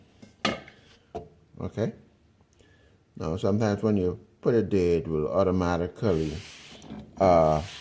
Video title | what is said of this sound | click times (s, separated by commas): Fireplace_info | keep turning it towards the left until it snaps onto the own position okay | 0.4 s